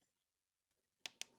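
A plastic fastener cap is pressed onto a bolt head that holds the UHMW plastic liner on an aluminum JL 7000-Series fuel tank and transfer case skid plate (for 2.0 Turbo, 3.6 V6 and 392 Hemi). After a quiet stretch, two sharp clicks ring out at 1.1 s and 1.2 s. The two clicks mean the cap is fully seated.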